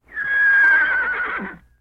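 Horse whinny, a single loud, quavering neigh under two seconds long that holds steady, then wavers and fades.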